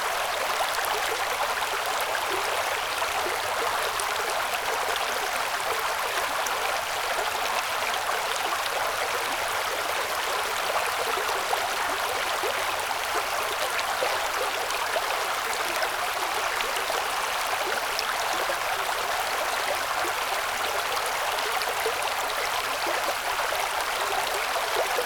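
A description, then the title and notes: A creek flows downhill at night in a steady, dense rush of water that never lets up over the whole stretch. The sound is bright and hissing, with fine splashing detail and little low rumble. Midnight Creek Flowing Downhill - Ambient Noise.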